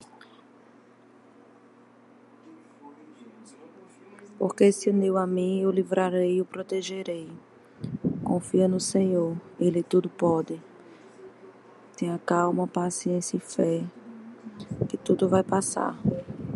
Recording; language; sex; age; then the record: short text; Brazilian Portuguese; female; 40 to 49 years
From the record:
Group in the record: control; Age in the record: 40 years